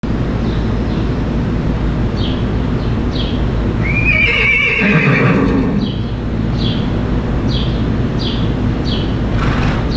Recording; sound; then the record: horse showing discomfort; screaming or calling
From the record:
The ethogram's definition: a long loud whinny vocalization, typical of calling to locate distant herd mates